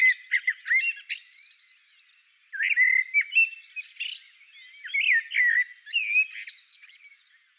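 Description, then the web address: Common blackbird song: melodious whistled phrases with slurred notes and high twittering endings, a brief opening burst, a pause, then a longer flowing phrase. "Naturinspelningar Koltrast"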